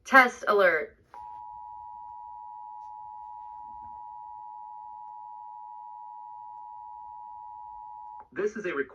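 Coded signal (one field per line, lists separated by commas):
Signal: Emergency Alert System (SAME) tones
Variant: 853 and 960 Hz attention tone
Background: speech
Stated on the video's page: Two Required Monthly Test SAME tone bursts from an 89.9 FM station, received about 11 miles from the transmitter on a Sangean HDR-15 radio.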